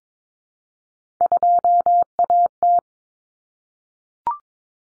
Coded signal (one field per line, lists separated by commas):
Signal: Morse code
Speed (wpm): 22 wpm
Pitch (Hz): 700 Hz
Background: none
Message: 2AT